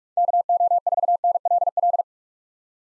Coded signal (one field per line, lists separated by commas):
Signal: Morse code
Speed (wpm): 42 wpm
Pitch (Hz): 700 Hz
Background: none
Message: KO4NLL